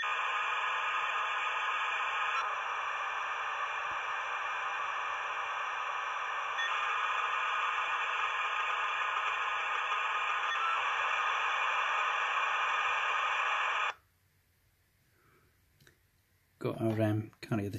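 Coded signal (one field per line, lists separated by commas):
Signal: dial-up modem handshake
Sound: loud steady broadband modem hiss for about 14 seconds, then quiet, then brief noise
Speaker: so now looks that Paul in the remote computer got around can't detect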